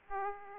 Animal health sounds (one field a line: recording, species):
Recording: mosquito wingbeat signal from an infrared sensor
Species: Aedes aegypti